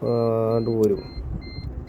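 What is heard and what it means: Someone talks over a low, steady rumble while a gear selector lifting cable end is handled at the small ball stud on a gearbox linkage. After the voice stops near 1.0 s, only soft handling noise and a faint high whine remain. Nothing has seated or clicked yet.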